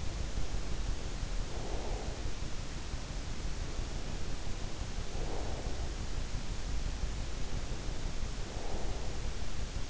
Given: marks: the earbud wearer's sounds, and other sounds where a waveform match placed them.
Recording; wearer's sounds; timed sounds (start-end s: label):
sounds in sleep by an in-ear microphone; breath
0.00-2.33 s: breath
3.67-6.09 s: breath
7.34-9.41 s: breath